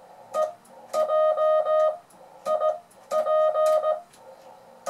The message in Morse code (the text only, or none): EJIP